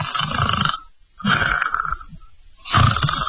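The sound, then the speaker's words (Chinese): A voice imitates the snoring of the character Li Kui with three long, rough, growling snores separated by short pauses, each loud and raspy with a buzzing throaty rattle. “这李逵呀、这呼噜还打着呢。”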